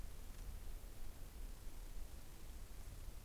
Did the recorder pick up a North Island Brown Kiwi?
no